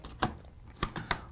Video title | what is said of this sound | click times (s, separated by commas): Build A Z97 Gaming PC From Start To Finish April 2015 Updated | so it's as simple as that I heard that two clicks and I'm good to go | 0.2 s, 1.1 s